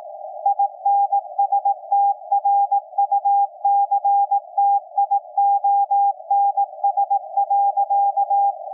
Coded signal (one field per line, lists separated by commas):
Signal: Morse code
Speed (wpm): 18 wpm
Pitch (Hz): 800 Hz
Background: none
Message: INSTRUCTIONS.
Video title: SDRplay RSPdx HDR mode on 160 meters SSB CW with MLA 30 Plus and W6LVP switching antenna